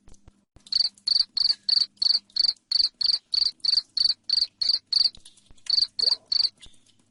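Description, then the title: Cricket chirps begin after a short silence and repeat steadily about three times a second, with one brief gap near the end. Loud chirping cricket, played to make lovebirds keep singing. "Suara JANGKRIK NGERIK Keras Bikin LOVEBIRD Jadi NGEKEK Terus Vubey"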